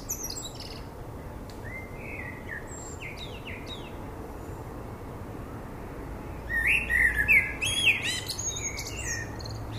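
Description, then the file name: Common blackbird singing: faint fluted notes early on, then a louder rich warble with high squeaky flourishes near the end. "Turdus merula"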